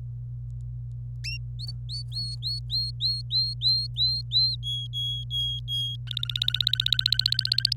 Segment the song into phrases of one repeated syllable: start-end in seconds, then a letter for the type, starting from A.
1.59-4.55 A, 4.63-5.96 B, 6.07-7.73 C